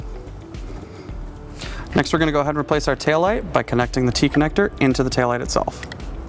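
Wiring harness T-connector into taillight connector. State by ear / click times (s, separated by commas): not seated / none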